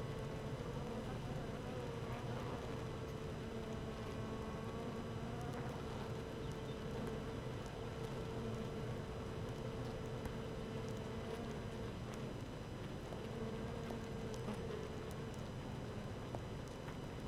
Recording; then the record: honeybee colony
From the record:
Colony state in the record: active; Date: 12 June 2018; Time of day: 15:01